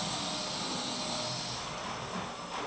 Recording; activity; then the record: daily activity, microphone in the room; vacuum cleaning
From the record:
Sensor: 1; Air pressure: 1002.0 hPa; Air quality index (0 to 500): 242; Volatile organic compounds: 47 ppm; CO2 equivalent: 3255 ppm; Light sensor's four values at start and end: 8/28/10/11 and 8/28/10/11